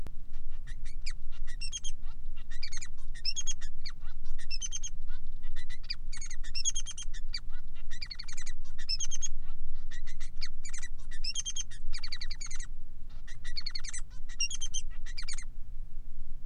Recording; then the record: song of a male Bengalese finch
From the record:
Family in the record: son of father 3